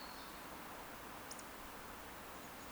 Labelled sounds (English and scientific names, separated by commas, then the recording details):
Eurasian Woodcock (Scolopax rusticola) whistle
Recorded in Baden-Württemberg, Germany, on 10 June 2021 at 20:14 UTC
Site 43323, 910 m above sea level